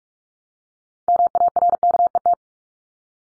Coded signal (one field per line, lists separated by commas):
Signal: Morse code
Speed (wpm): 44 wpm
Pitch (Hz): 700 Hz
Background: none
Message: MARKET